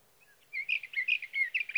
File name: Sage Thrasher